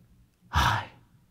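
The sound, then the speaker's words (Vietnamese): An old man gives a single breathy sniff of air drawn in through the nose, smelling chicken porridge cooking in the kitchen, a short airy rush that swells and fades in under half a second, with no talking. “Khịt khịt ngửi thấy mùi cháo gà thơm phương phức bốc từ dưới bếp lên, lão lại tiếp tục than thở về cái sự đời lão.”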